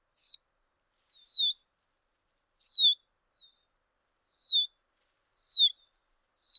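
Bird song: loud descending whistled notes with bright overtones, repeated every second or so, with soft short twitters and faint thin whistles between.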